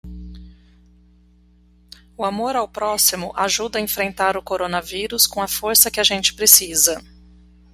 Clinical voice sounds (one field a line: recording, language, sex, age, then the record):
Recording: spoken sentence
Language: Brazilian Portuguese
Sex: female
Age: 40 to 49 years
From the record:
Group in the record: control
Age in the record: 44 years